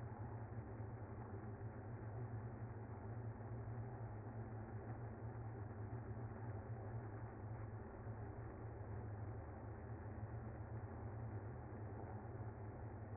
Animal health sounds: honeybee colony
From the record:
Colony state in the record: active

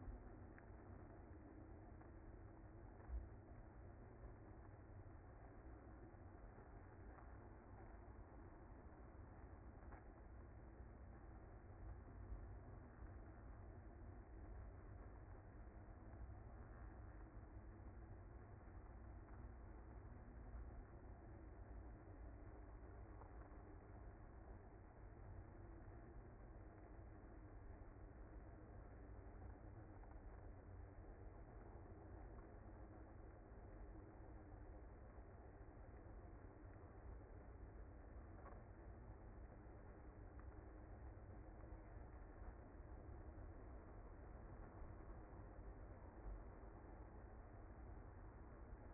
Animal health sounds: honeybee colony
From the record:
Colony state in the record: active

